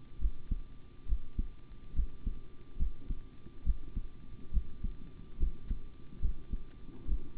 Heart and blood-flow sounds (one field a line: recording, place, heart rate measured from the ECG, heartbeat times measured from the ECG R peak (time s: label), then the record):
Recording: heart sounds by stethoscope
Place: between the tricuspid and mitral areas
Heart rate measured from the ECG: 70 bpm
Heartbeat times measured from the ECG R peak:
0.19 s: heartbeat
1.06 s: heartbeat
1.94 s: heartbeat
2.77 s: heartbeat
3.64 s: heartbeat
4.52 s: heartbeat
5.38 s: heartbeat
6.20 s: heartbeat
7.06 s: heartbeat
From the record:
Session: rest, sitting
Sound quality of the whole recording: good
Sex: male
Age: 25 years